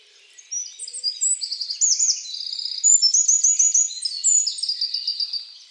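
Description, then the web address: Bird calls: a rapid, busy run of high chirps, short trills and buzzy notes overlapping one another, with several quick phrases packed closely together. "Deverinetal 2025 File origin Bird Only"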